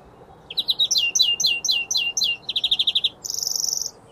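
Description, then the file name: European greenfinch singing a run of bright falling chirps, then a rapid trill, ending in a drawn-out buzzy wheeze. "Chloris chloris"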